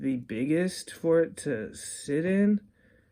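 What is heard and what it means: An accessory piece is being pushed into an action figure's body, where it is hard to seat because the lip it sits in is small. Someone talks throughout, with no distinct handling sounds heard. Nothing has seated or clicked yet.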